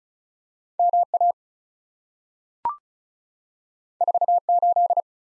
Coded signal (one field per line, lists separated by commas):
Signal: Morse code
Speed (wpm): 36 wpm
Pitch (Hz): 700 Hz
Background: none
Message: MA 48